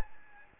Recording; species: mosquito wingbeat signal from an infrared sensor; Aedes albopictus